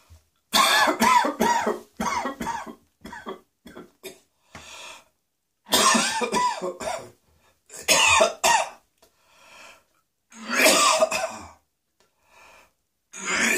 The sound of vomiting with coughing in a man the urge to vomit coughing and regurgitation.